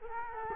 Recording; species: mosquito wingbeat signal from an infrared sensor; Culex quinquefasciatus